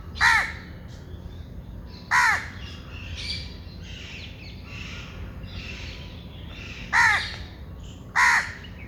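Bird caws, loud and hoarse: two early, two near the end, with faint chattering and rustle in the gap between.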